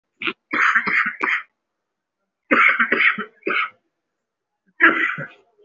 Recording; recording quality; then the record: shallow voluntary cough; excellent, no background noise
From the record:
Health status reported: respiratory illness, not identified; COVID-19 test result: negative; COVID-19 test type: RT-PCR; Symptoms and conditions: cold, breathing difficulty, sore throat, asthma, another respiratory illness, another condition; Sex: male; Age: 39 years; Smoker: no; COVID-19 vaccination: one dose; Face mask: worn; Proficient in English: no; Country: India